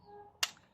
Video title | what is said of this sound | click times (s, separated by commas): major service on polo vivo | They give you the click sound, showing that it's plugged in. | 0.4 s